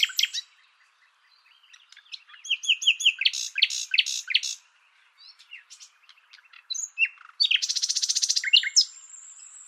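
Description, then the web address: Bird song with wavering chirps and harsh squeaky notes, a pause, then a loud buzzy rattle and a thin high whistle. "Deverinetal 2025 File origin Bird Only"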